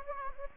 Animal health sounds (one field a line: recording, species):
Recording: mosquito wingbeat signal from an infrared sensor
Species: Anopheles gambiae